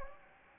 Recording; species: mosquito wingbeat signal from an infrared sensor; Anopheles gambiae